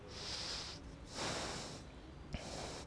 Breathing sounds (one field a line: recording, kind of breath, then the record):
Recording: one breath in and out by a microphone near the nose and mouth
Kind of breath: deep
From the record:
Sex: male